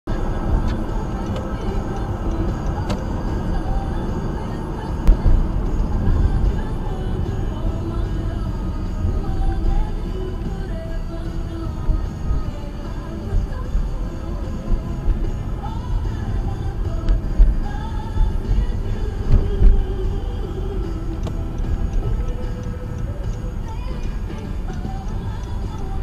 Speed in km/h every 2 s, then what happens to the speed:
64, 61, 52, 44, 29, 21, 23, 26, 31, 31, 29, 24, 21.
0-11 brakes to 21. 11-16 speeds up to 31. 16-26 slows to 21.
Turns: none.